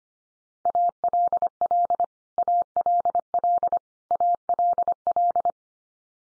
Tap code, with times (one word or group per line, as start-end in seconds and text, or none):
none